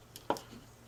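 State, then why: Not seated. The manual safety lever of a Walther CCP pistol is worked back into the pistol frame during reassembly. There is a faint tick near 0.15 s, a sharper tick near 0.3 s, and another light tick just after, then quiet. Nothing has seated or clicked home yet.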